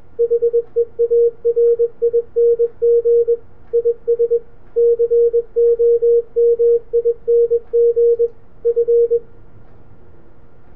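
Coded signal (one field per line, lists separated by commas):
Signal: Morse code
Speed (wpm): 21 wpm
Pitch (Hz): 470 Hz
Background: radio noise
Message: HEARING IS COMING F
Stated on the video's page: Tone from a software sine oscillator generator played through two external speakers and a resonant array of 2-inch PVC pipes.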